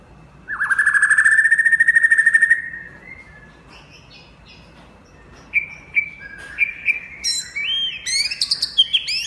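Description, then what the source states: White-rumped shama song: a long rising harmonic whistle lasting two seconds, a pause with faint notes, then a series of varied whistled phrases climbing higher and faster. Champion bird from a singing contest.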